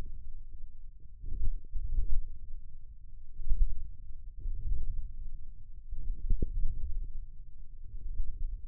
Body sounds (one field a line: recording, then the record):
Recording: forearm muscle sounds (acoustic myography)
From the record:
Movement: wrist flexion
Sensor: system 1, eight BSWA MPA416 microphones around the upper forearm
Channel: 6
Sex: male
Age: 28 years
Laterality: right